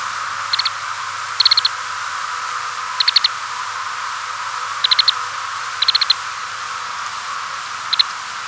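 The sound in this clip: Lapland longspur calls: short dry rattled bursts of a few quick ticking notes, heard about six times over a steady background hiss.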